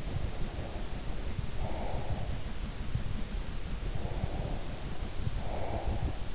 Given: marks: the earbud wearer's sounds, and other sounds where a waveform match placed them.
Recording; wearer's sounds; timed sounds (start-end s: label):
sounds in sleep by an in-ear microphone; breath
0.00-2.48 s: breath
3.71-6.31 s: breath